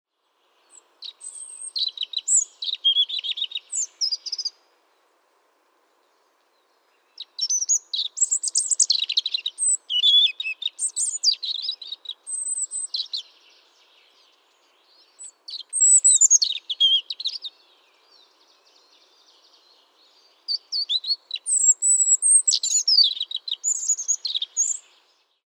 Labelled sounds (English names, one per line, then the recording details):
European Robin
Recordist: Frommolt, Karl-Heinz
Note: Gesang